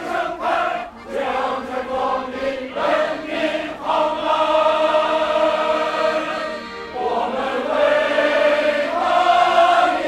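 A group of people sings together in a park in Beijing, voices blending on sustained, wavering notes. Short phrases in the first few seconds give way to longer held lines, with a brief dip near seven seconds before the singing swells again.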